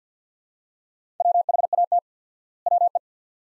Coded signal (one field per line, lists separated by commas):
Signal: Morse code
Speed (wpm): 50 wpm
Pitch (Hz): 700 Hz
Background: none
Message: WHAT WE